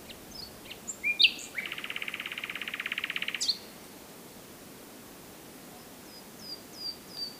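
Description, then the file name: Common nightingale song: a few sharp notes leading into a long, even, buzzy rattle lasting about two seconds, then a few faint notes afterwards. "Luscinia megarhynchos"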